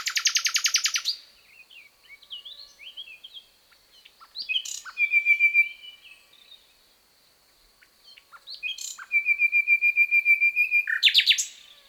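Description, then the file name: Common nightingale song in varied phrases: a fast rattling burst, soft twittering notes, then a long run of rapidly repeated piping notes, with pauses between phrases. "Luscinia megarhynchos"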